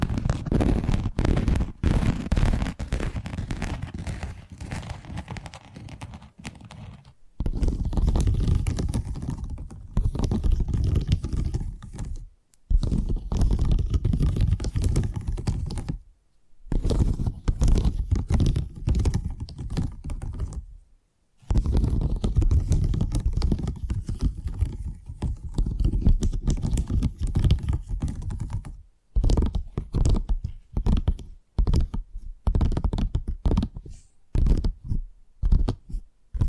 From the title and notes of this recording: ASMR 10 Addictive Tapping Triggers. (No Talking).